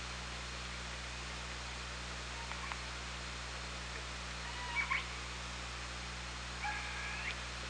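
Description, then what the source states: Orca calls: after quiet hiss, a short tonal call, then a longer flat whistled call with harmonics near the end, over persistent noise and low hum. Recorded by OrcaLab on 24 August 2017.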